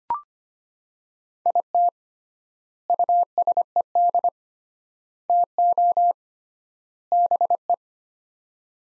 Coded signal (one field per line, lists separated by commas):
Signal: Morse code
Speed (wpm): 25 wpm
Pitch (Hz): 700 Hz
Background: none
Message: IT USED TO BE